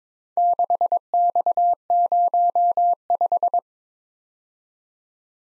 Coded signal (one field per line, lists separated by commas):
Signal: Morse code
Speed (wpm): 25 wpm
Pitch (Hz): 700 Hz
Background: none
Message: 6X05